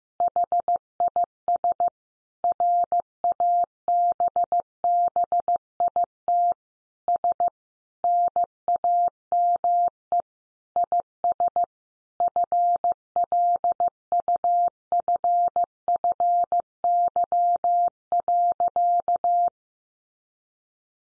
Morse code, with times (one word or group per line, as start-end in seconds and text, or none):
0.2-1.9 HIS
2.4-6.5 RABBIT
7.1-7.5 S
8.0-10.2 NAME
10.8-11.6 IS
12.2-19.5 FLUFFY.